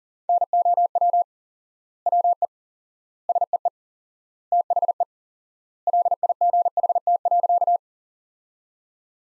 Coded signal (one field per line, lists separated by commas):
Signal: Morse code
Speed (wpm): 40 wpm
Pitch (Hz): 700 Hz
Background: none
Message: NOW WE SEE THE LIGHT.